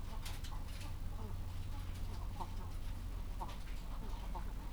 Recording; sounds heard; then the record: poultry house recording; sick chickens (respiratory disease)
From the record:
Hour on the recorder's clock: 14